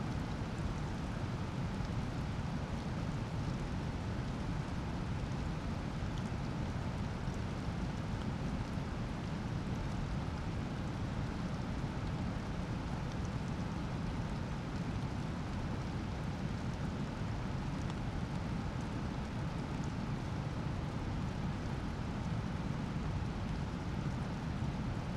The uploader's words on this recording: Alpine Thunderstorm. The area above Kamniška Bistrica, surrounded by mountains, was hit by a series of extremely powerful thunderstorms. The recorded storm passed over the area during the night and you can hear the sounds of swollen torrential streams. Recorded in Slovenia by Gregor Vida.